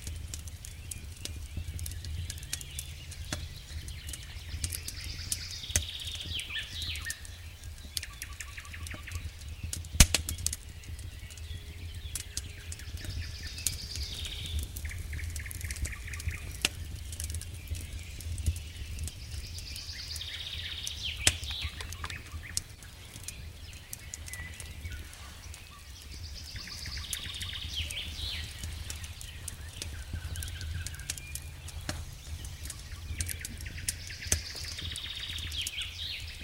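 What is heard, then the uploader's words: Firewood burns with a low steady rumble and scattered sharp crackles and pops, while birds chirp in short bursts every few seconds. By the fire in nature we listen to THE SOUNDS OF NATURE. Firewood Burning.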